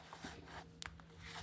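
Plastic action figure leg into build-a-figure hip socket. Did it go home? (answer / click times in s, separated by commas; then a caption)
no / none. A plastic action figure's last leg piece is pushed into the hip socket of a build-a-figure. There is soft rubbing and handling, then a sharp tick at 0.8 s and a fainter one at 1.0 s. The leg fails to snap in, and nothing has seated or clicked yet.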